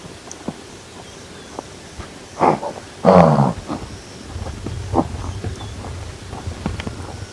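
Blue wildebeest giving a short run of harsh, nasal grunts midway through, the second loudest and longest, among faint scattered clicks and low wind rumble.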